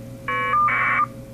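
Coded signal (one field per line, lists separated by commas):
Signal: modem data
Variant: Bell 202 caller ID, 1200 baud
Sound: brief buzzy ring fragment, short steady tone, then a fast warbling data burst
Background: low mains hum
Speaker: data for the caller ID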